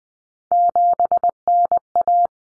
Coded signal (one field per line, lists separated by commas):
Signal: Morse code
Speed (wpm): 20 wpm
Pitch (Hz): 700 Hz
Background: none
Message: 7NA